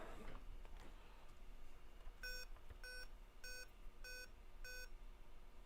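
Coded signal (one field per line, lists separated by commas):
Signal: beep code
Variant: Dell BIOS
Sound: five short, evenly spaced electronic beeps after a brief quiet room moment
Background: small room noise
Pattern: 5 short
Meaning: Five beeps on a Dell mean a CMOS error; the CMOS has been reset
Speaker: it will give you a 5 beep error saying that the CMOS has been reset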